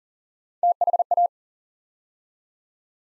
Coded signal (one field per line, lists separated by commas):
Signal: Morse code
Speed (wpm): 41 wpm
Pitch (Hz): 700 Hz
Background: none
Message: THA